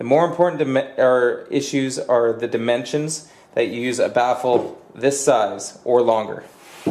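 A Tymphany (Vifa) XT25BG60-04 tweeter is being handled for fitting into the cutout of a wooden test baffle, where it snaps in tightly enough that no screws are needed. In this clip someone talks throughout, and the tweeter has not yet seated or clicked into place.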